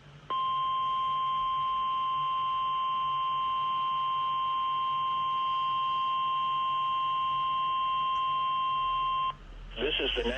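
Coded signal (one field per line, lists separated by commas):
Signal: Emergency Alert System (SAME) tones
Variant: 1050 Hz attention tone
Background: speech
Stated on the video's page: Required Weekly Test from NOAA weather radio station WXL40.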